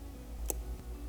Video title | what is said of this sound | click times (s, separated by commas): DIY: MINI Cooper B48 / B38 Spark Plug Change (+IGNITION COILS) | and when you click it on you want to hear an audible click | 0.5 s